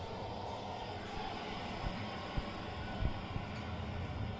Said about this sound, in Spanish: Pues yo propongo que suene el mar aquí en esta plaza un ratico, unas tres olitas. Para la gente que duerme y que descansa aquí.